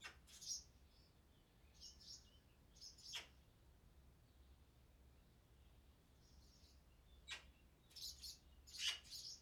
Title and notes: BB HIRONDELLES CAVE, 39800 Chaussenans, France - BÉBÉ HIRONDELLES NID DANS LA CAVE. NID D'HIRONDELLES DANS LA CAVE EN PROXIMITÉ. Les Bébé bougent dans leur nid et leur parents viennent les nourrir